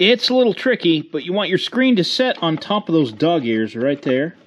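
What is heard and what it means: While someone talks, a plastic air filter pre-screen is positioned to sit on top of the dog ears of the air filter housing in the airbox of a 2005-08 B7 Audi A4 2.0 Turbo FSI during re-assembly after a timing belt install. Nothing has seated or clicked yet.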